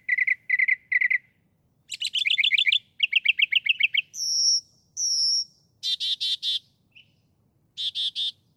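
Northern mockingbird song: quick switching between varied phrases of short chirps, fast trills, longer whistled notes and harsh bursts.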